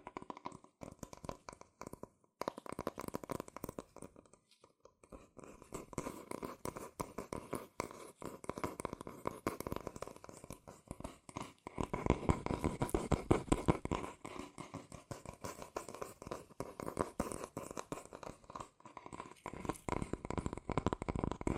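Fast tapping, scratching and tracing on cardboard and paper, made of dense, crisp clicks and rustling strokes that run almost without pause. Brief lulls come near two and five seconds, and the sound grows louder and busier from about twelve seconds on.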